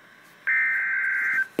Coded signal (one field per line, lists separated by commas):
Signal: Emergency Alert System (SAME) tones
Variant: header bursts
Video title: REAL EAS 421-Severe thunderstorm warning